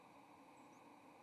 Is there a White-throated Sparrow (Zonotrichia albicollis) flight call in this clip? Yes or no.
no